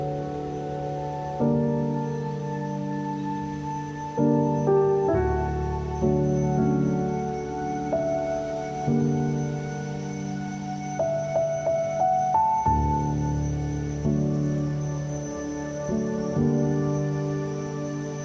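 Soft piano chords ring out and sustain, changing every couple of seconds with gentle attacks around 1.5, 4, 5, 12.5 and 16 seconds. Low notes sit under a warm middle register, and the level stays fairly even throughout.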